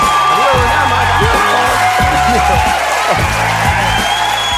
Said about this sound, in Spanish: Y despedimos a las llamas con sombrero y los aplausos para ellas, que son un currao muchísimo.